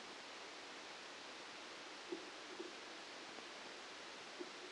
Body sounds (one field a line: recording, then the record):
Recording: brain microelectrode recording played as sound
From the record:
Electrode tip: outside the subthalamic nucleus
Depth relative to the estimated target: -10 mm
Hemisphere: left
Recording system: NeuroSet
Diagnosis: Parkinson's disease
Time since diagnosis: 9 years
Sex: male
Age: 56 years